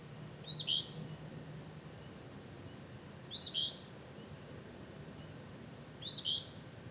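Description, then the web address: Bird calls: high double chirps, repeated about every three seconds against quiet background noise. "misc bird"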